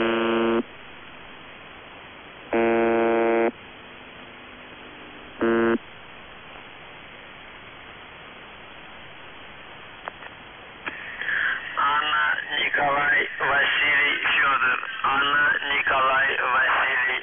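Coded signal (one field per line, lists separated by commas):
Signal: numbers station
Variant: UVB-76, Russian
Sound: three short harsh buzzes, then a male voice reading words and numbers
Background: radio static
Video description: Callsign: ANVF (АНВФ) Message text: 60 148 DUVROChAJ (ДУВРОЧАЙ) 47 47 68 31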